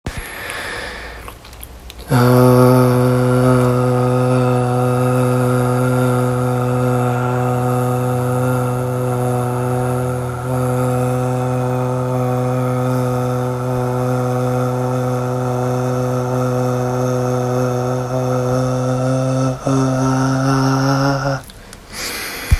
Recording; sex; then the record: sustained vowel /a/; male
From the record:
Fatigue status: no fatigue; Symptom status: asymptomatic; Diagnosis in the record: COVID-19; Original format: m4a